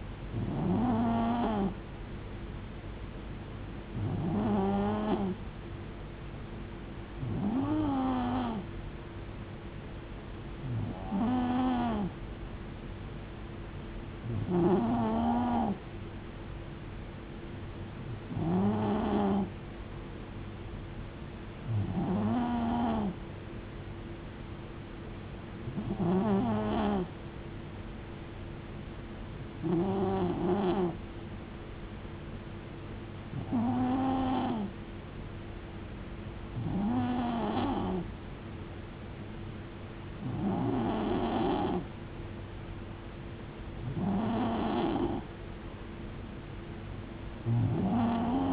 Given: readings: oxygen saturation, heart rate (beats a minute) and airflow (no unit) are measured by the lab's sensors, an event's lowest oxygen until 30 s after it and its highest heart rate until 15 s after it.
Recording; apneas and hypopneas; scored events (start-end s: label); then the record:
breathing in sleep by a voice recorder at the bedside; none
41.00-48.53 s: new sleep stage, N3 (deep sleep)
From the record:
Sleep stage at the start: N2 (light sleep); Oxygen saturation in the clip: 91 to 92%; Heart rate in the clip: 69 to 75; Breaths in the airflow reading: 13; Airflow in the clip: -3.7 to 2.4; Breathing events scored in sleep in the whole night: 389 in 6.3 hours asleep